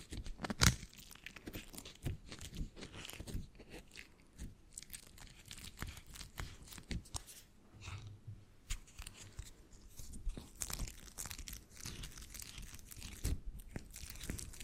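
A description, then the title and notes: Dense crinkling and squeezing of something papery or plastic, with a quick scatter of crisp, bright crackles and light scratches that never settles into a rhythm. A sharp loud snap lands near the start, and the rest stays quiet behind it. NO TALKING, Squeezing, Crinkles, Tapping, Scratching.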